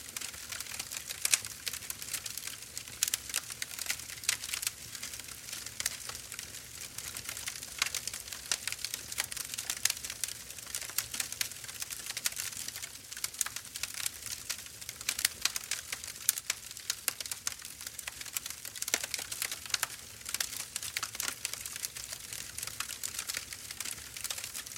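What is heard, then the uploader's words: A campfire crackles steadily, with dense, irregular snaps and pops scattered throughout, some sharper and louder than others. The crackle is bright, sitting over a soft, low rumble of burning, and the texture stays constant for the whole stretch. Relaxing Campfire Sound. Relaxing in the great outdoors by a crackling campfire.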